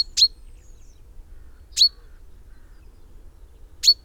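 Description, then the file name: Common chaffinch calls, three short sharp notes spaced about two seconds apart, clear and isolated. "Fringilla coelebs"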